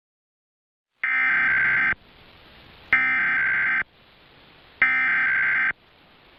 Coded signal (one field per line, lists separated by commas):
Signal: Emergency Alert System (SAME) tones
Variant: header bursts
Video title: PA Required Monthly Test (EAS #1292-1299) 9/21/23